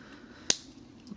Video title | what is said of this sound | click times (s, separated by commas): Transformers Generations Megatron & Chop Shop | and semi locks into place | 0.5 s